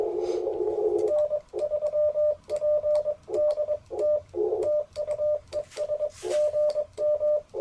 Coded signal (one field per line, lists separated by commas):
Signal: Morse code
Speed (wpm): 20 wpm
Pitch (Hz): 600 Hz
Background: radio noise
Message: N3PDT TU ES GM